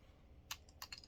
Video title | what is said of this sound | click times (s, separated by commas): How to Clean a Rock Island 1911 38 Super: A Beginner's Guide | and snap it in. | 0.5 s